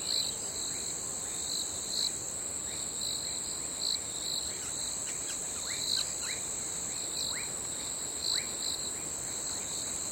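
Crickets keep up an unbroken, high-pitched trill with rhythmic pulsed chirps, and occasional short bird chirps are mixed in.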